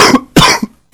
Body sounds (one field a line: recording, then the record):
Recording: coughing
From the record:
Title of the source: Coughing 46